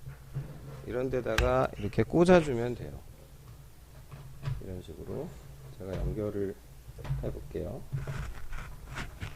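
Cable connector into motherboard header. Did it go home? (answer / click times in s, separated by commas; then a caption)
no / none. A cable connector is handled at a motherboard header, ready to be pushed in, while someone talks throughout. A few faint handling sounds are heard, including a brief soft knock near 8.5 s, but nothing has seated or clicked yet.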